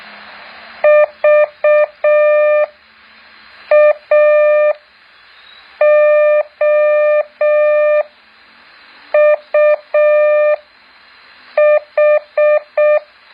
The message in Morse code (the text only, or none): VAOUH